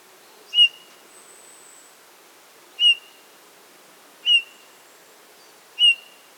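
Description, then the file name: Eurasian bullfinch calls, soft short piping notes repeated about every one and a half seconds, four in all, over a low background hiss. "Pyrrhula pyrrhula"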